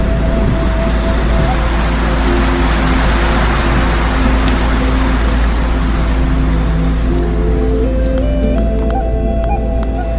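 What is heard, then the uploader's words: A soft water stream rushes steadily and densely throughout, with no pauses. Quiet, slow piano notes drift underneath, rising in a few gentle steps toward the end, while faint high chirps repeat at a regular pace in the background. Dreamy piano music and soft water stream sounds.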